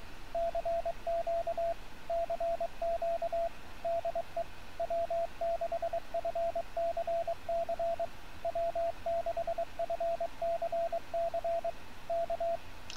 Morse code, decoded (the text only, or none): CQ CQ DE W6FCC W6FCC K